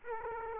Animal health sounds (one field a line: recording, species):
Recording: mosquito wingbeat signal from an infrared sensor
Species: Aedes aegypti